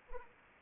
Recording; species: mosquito wingbeat signal from an infrared sensor; Anopheles arabiensis